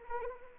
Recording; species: mosquito wingbeat signal from an infrared sensor; Anopheles arabiensis